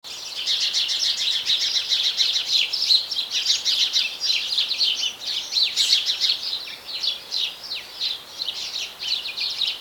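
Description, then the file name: House sparrow chirps in a dense, continuous chorus of overlapping notes from several birds, busy and unbroken throughout. "Passer domesticus"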